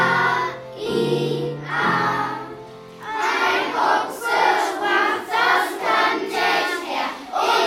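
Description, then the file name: Donkey braying, starting with drawn-out harmonic tones, then a rhythmic run of loud rasping pulses roughly once a second that rise and fall. "Esel"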